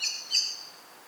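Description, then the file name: Common blackbird uttering two quick, sharp chink notes close together before falling silent. "Turdus merula"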